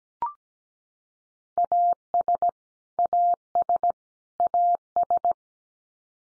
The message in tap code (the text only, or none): none